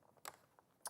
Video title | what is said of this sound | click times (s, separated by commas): 15/04/2025 - Sizzix, Hunkydory, AALL & Create & Deflecto | and the ruler clips out. | 0.3 s, 0.9 s